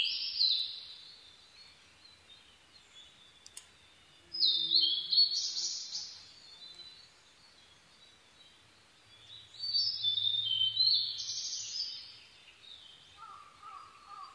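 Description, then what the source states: Blue-and-white flycatcher singing three high whistled phrases separated by quiet pauses, the first cut off at the start. 22 May 2011 at 04:34.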